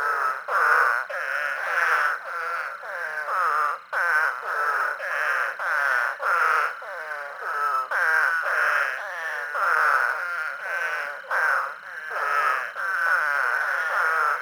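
Eastern spadefoot giving many harsh, moaning calls in quick succession with little pause between them.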